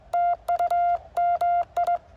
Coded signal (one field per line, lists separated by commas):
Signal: Morse code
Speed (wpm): 21 wpm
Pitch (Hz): 690 Hz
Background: none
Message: TU MI